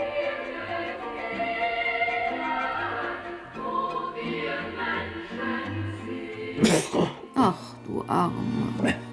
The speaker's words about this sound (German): Dieser schreckliche Husten. Du musst unbedingt deine Lunge untersuchen lassen. Unsinn, den Husten habe ich doch jedes Jahr. Das Klima ist einfach zu feucht für dich im Winter.